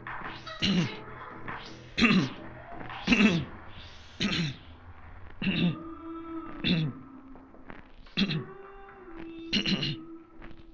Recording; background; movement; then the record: throat clearing; music; sitting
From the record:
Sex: male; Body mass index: 22.0 kg/m2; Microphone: on the chest, facing the body